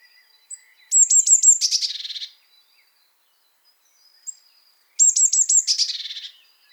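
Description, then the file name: Eurasian blue tit giving two scolding call bouts about four seconds apart, each a fast run of high ticks ending in a rasping churr. "Cyanistes caeruleus"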